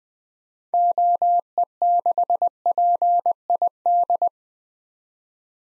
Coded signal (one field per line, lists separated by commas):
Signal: Morse code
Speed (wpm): 20 wpm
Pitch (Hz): 700 Hz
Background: none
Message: OE6PID